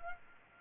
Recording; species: mosquito wingbeat signal from an infrared sensor; Culex pipiens